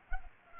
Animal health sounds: mosquito wingbeat signal from an infrared sensor; Culex pipiens

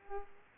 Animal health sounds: mosquito wingbeat signal from an infrared sensor; Aedes aegypti

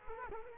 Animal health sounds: mosquito wingbeat signal from an infrared sensor; Culex quinquefasciatus

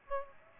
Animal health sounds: mosquito wingbeat signal from an infrared sensor; Aedes aegypti

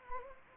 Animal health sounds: mosquito wingbeat signal from an infrared sensor; Anopheles arabiensis

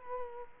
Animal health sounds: mosquito wingbeat signal from an infrared sensor; Culex quinquefasciatus

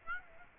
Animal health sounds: mosquito wingbeat signal from an infrared sensor; Aedes aegypti

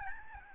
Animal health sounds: mosquito wingbeat signal from an infrared sensor; Aedes albopictus

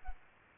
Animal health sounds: mosquito wingbeat signal from an infrared sensor; Aedes aegypti

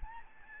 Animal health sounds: mosquito wingbeat signal from an infrared sensor; Aedes albopictus

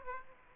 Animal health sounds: mosquito wingbeat signal from an infrared sensor; Aedes aegypti

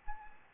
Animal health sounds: mosquito wingbeat signal from an infrared sensor; Anopheles arabiensis

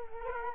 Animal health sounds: mosquito wingbeat signal from an infrared sensor; Culex quinquefasciatus

